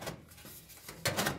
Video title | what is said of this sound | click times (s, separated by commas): Installation of duct spin-in collar | Until it snaps into place. Right | 1.1 s